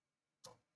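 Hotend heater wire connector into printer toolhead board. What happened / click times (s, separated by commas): The wire connector snapped into its socket / 0.4 s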